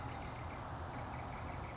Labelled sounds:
California Towhee (Melozone crissalis)
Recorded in Sonoma County, California

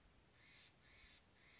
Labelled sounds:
Steller's Jay (Cyanocitta stelleri)
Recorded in Sonoma County, California

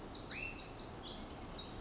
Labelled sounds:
Pacific Wren (Troglodytes pacificus)
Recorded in Sonoma County, California

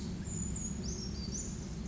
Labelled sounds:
Brown Creeper (Certhia americana)
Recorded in Sonoma County, California

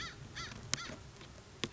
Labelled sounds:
American Crow (Corvus brachyrhynchos)
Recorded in Sonoma County, California

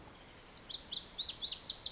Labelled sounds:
Lazuli Bunting (Passerina amoena)
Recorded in Sonoma County, California

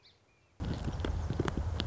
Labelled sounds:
Song Sparrow (Melospiza melodia)
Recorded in Sonoma County, California

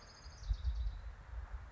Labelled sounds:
Orange-crowned Warbler (Leiothlypis celata)
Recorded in Sonoma County, California

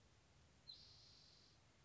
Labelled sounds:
Spotted Towhee (Pipilo maculatus)
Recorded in Sonoma County, California

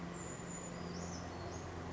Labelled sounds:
Brown Creeper (Certhia americana)
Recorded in Sonoma County, California

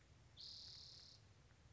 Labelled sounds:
Spotted Towhee (Pipilo maculatus)
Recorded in Sonoma County, California

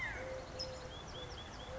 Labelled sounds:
Eurasian Collared Dove (Streptopelia decaocto)
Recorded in Sonoma County, California

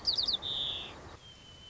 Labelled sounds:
White-crowned Sparrow (Zonotrichia leucophrys)
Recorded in Sonoma County, California

